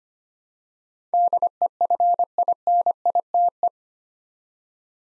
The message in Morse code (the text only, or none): DEFINITE